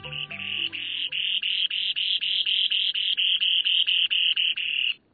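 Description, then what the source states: Spoon-billed sandpiper song: a high buzzy trill broken into rapid pulses, held steady for nearly five seconds before stopping. Recorded in the far northeast of Russia, where as few as 100 remaining pairs breed each summer; one of the rarest birds on Earth.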